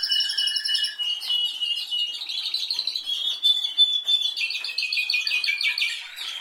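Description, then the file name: Canary song: fast high rolling trills shifting through several pitches, with dense rapid chirps in between. "Canary Voice"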